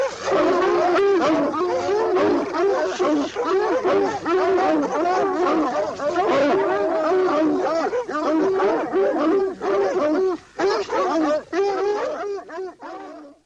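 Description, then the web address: A pack of dogs barking, yelping and howling at once, a continuous chaotic chorus of rising and falling cries that thins toward the end. "Sounds Halloween Haunted House Dogs"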